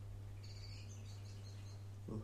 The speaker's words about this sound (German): Da zwitschert auch schon ein Vogel ganz aufgebracht raus. Ich möchte gerne nochmal loswerden, dass wir uns in unglaublich ländlicher Idylle befinden und so.